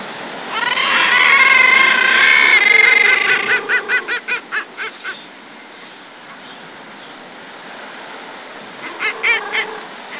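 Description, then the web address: Common murre calling: a long, harsh, rich call, then a rapid series of pulsed notes, with a few more pulses near the end. "Peterson North American Birds iso sound comu"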